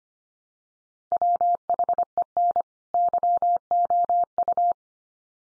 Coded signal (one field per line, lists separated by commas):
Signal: Morse code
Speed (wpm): 25 wpm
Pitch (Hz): 700 Hz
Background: none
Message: WHEN YOU